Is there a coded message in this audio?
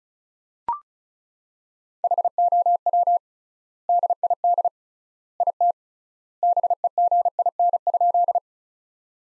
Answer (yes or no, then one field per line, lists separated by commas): yes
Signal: Morse code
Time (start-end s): 2.0-8.4 s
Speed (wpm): 34 wpm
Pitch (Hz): 700 Hz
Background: none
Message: HOW DID IT BEGIN?